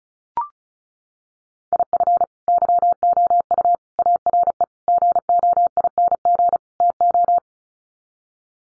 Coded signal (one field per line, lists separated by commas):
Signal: Morse code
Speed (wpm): 34 wpm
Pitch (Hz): 700 Hz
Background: none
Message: IF YOU ARE GOING TO